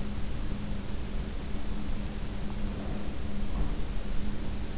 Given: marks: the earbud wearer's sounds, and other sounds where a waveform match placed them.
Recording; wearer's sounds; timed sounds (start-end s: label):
sounds in sleep by an in-ear microphone; breath
2.57-3.70 s: breath